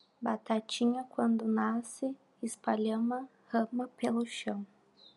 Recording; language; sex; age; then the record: short text; Brazilian Portuguese; female; 20 to 29 years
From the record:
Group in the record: control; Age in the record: 21 years